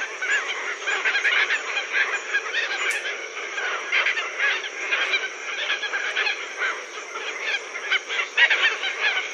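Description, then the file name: Red-tailed tropicbird calls: a dense run of hoarse, scratchy squawks from several birds overlapping continuously, with a steady high-pitched hiss running underneath. "phaethon rubricauda"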